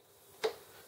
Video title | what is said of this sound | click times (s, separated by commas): Ciss continuous ink system fits Epson Expression XP-202 , XP-205 XP202, XP205 | push the cartridge block down and you think it's in but bit bit actually if you listen for this click one | 0.4 s